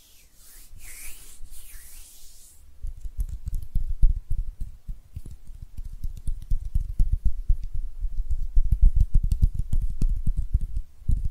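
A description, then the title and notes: Hand sounds with no talking: for the first few seconds, soft airy swishes rise and fall, like palms rubbing together. After about three seconds, dense, quick low thumps and taps take over and continue unevenly to the end, with faint scratchy rubbing between them. ASMR Relaxing Hand Sounds (No Talking).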